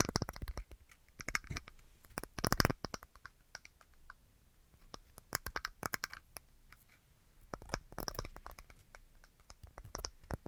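Quick tapping and scratching on assorted objects, coming in irregular bursts of sharp, crisp clicks with short quiet gaps between. The busiest flurries land around two to three seconds, near five to six seconds, and around eight seconds, with lighter scattered taps elsewhere.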